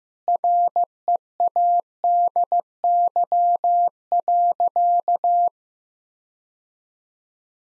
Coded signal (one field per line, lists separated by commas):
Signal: Morse code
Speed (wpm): 16 wpm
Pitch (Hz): 700 Hz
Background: none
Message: READY.